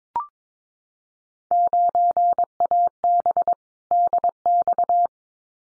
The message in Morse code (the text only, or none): 9AB DX